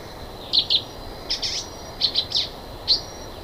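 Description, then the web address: Silver-beaked tanager giving a few high, brief chip notes singly and in twos and threes, separated by short pauses, with a quiet hissing background. Song, eastern lowlands of South America. "Natures Songs S America Eastern Lowlands. Ramphocelus carbo, song"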